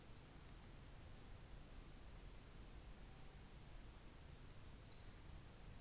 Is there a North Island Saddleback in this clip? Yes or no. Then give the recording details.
no. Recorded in New Zealand on 24 December 2018. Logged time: 14:45